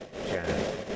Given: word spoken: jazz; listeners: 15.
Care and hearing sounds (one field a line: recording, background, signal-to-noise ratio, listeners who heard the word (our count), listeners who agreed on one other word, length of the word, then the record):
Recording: one English word in noise, from a listening test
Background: noise modulated by three-talker babble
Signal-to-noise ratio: -5.0 dB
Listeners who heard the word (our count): 0 of 15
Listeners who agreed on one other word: 11 of 15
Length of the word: 0.56 s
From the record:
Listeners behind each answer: 11, 1, 1, 1, 1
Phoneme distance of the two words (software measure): 10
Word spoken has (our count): 1 syllable, 3 phonemes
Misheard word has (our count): 1 syllable, 3 phonemes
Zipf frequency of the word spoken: 4.19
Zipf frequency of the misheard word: 4.34